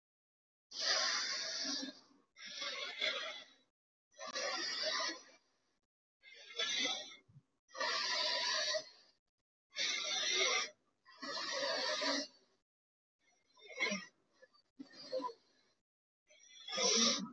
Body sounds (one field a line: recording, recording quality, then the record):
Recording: deep breathing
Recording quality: excellent, no background noise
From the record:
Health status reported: healthy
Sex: male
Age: 22 years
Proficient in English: yes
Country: India